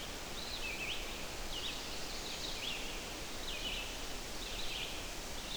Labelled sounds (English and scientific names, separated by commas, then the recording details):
Red-eyed Vireo (Vireo olivaceus) song
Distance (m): 60 m
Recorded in boreal forest in Alberta, Canada, on 12 June 2016 at 05:09
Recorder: SongMeter 3, array SBT-3-18
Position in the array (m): 249 m, 108 m